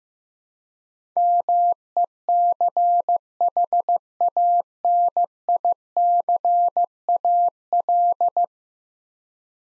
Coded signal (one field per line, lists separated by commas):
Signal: Morse code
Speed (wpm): 15 wpm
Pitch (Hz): 700 Hz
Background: none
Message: MECHANICAL